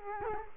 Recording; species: mosquito wingbeat signal from an infrared sensor; Culex quinquefasciatus